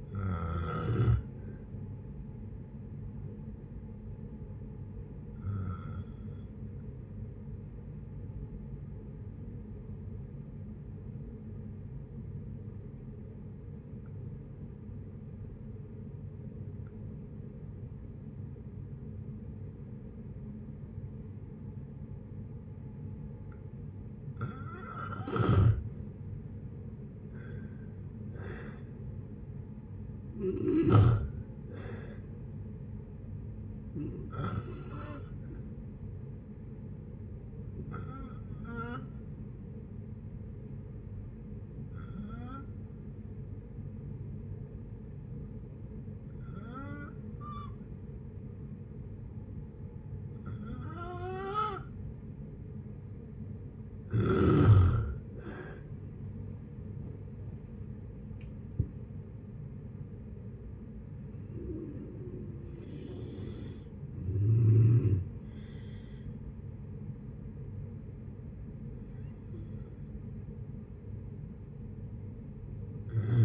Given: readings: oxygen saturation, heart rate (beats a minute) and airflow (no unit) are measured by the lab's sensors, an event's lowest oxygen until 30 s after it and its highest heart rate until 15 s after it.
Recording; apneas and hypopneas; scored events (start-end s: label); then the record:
breathing in sleep by a smartphone at the bedside; 2
3.00-26.90 s: obstructive apnea (N2, oxygen 97% highest, then 83% lowest, heart rate 62 at the start, 71 highest)
27.00-57.00 s: new sleep stage, N1 (lightest sleep)
37.00-55.50 s: hypopnea (N1, oxygen 95% highest, then 87% lowest, heart rate 69 at the start, 80 highest)
57.00-73.45 s: new sleep stage, N2 (light sleep)
From the record:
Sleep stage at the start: N2 (light sleep); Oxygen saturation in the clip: 77 to 97%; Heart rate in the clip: 57 to 80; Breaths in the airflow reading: 10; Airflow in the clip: -11.7 to 13.5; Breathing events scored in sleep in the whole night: 496 in 5.4 hours asleep